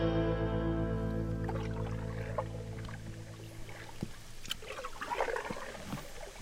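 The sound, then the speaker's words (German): Canoe paddle strokes dip and splash in river water, with irregular trickling and sloshing that grows busier after a steady low hum fades out in the first seconds. “Nach einer knappen Stunde Paddeln sehe ich am Ufer rustikale Blockhütten hinter der Böschung.”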